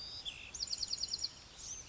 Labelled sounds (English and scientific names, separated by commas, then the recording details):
Bewick's Wren (Thryomanes bewickii)
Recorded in Sonoma County, California